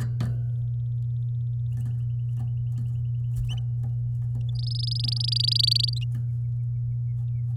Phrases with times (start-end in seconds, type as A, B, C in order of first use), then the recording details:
4.49-5.99 A. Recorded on 10 May 2018 at 11:31. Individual llb16